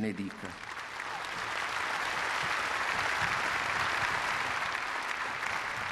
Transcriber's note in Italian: applausi